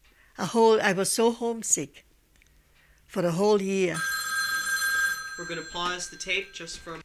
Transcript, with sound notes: A whole --I was so homesick for a whole year. ( a telephone rings )
We're going to pause the tape just for...